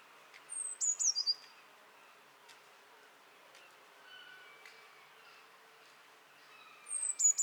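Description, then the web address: Eurasian blue tit calls twice: high, sliding notes then a fast, even run of repeated notes. Soft, drawn-out whistles from another bird fill the gap between. "SETE Cyanistes caeruleus"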